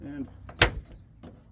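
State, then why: Seated. A replacement plastic windshield washer nozzle is pushed into its mounting hole in the hood panel while someone talks. It snaps into place with one sharp click at 0.6 s, and it is confirmed seated.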